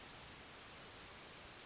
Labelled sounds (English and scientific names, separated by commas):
Western Flycatcher (Empidonax difficilis)